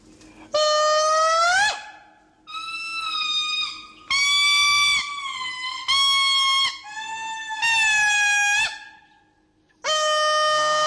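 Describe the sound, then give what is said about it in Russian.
Indri lemurs of Madagascar calling loudly, cries that carry for several kilometres: a run of about six long, wailing, horn-like cries with rich harmonics and sliding pitch, separated by brief pauses, with no talking over them. “Я хочу поставить вам, как они кричат.”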